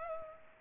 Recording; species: mosquito wingbeat signal from an infrared sensor; Culex pipiens